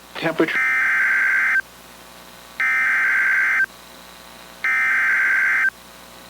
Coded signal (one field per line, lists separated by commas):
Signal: Emergency Alert System (SAME) tones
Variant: header bursts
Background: speech